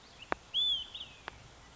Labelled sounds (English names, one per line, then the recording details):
Olive-sided Flycatcher
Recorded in Sonoma County, California